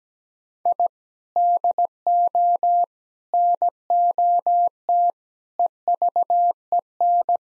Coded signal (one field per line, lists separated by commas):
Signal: Morse code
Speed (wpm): 17 wpm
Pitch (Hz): 700 Hz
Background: none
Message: I DO NOT EVEN